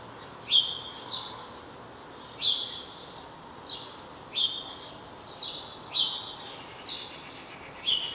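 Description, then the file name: House sparrow chirps, loud sharp notes at irregular intervals with quieter chirps between, over a faint noisy background. "Passer domesticus"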